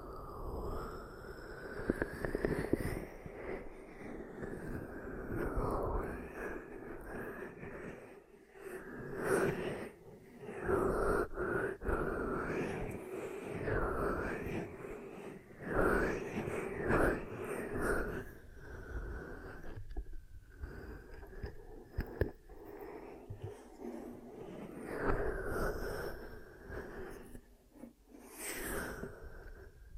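Ear cupping triggers: hands repeatedly close over and open around the mic, making muffled, hollow whooshes whose tone slides up and down every few seconds. Soft skin rustles and small taps come often, over a steady low hum that runs throughout.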